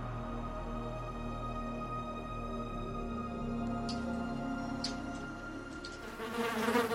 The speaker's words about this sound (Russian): Муха потерла лапки и перелетела со стены на бетонный пол.